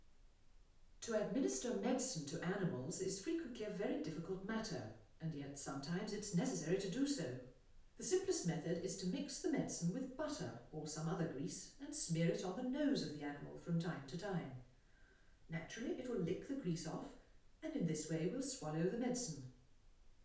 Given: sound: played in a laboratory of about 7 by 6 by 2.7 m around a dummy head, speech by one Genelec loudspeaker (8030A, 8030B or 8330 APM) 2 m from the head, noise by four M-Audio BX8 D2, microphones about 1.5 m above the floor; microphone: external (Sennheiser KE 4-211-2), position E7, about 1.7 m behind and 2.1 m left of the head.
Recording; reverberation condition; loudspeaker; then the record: female speech in English; medium; 30 degrees to the right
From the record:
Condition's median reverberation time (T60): about 510 ms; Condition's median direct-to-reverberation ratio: about -0.5 dB